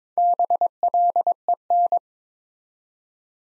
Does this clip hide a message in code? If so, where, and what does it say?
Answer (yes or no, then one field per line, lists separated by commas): yes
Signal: Morse code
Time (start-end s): 0.2-2.0 s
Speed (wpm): 22 wpm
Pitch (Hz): 700 Hz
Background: none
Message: BLEN